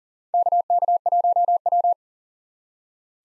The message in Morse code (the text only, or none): KK1W